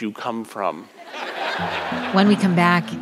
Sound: laughter

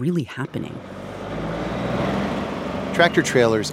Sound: soundbite of engine revving

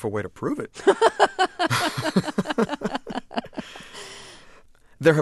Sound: laughter

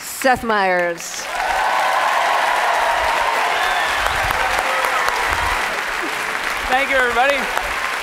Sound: applause

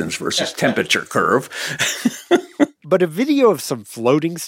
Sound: laughter

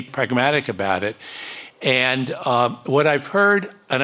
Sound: none

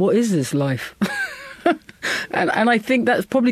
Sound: laughter

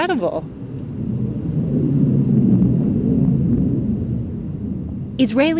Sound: soundbite of warplanes flying

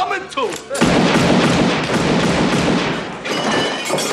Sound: soundbite of gun firing

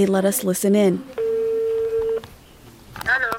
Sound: soundbite of telephone ringing

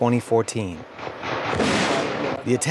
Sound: soundbite of gunfire

